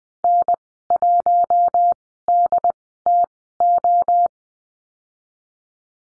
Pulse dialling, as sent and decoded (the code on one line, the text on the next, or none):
none